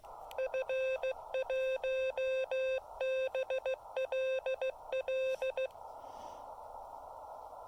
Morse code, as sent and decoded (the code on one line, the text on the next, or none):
..-. .---- -... .-.. .-..
F1BLL